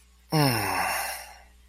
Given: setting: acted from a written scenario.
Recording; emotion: vocal sound without words; serenity